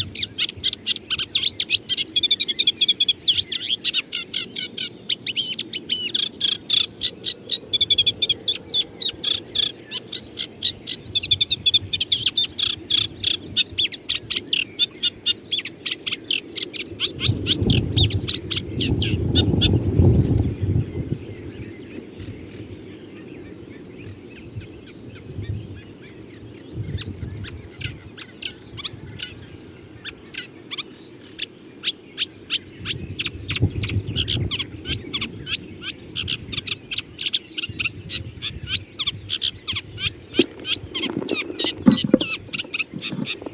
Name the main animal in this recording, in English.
Eurasian Reed Warbler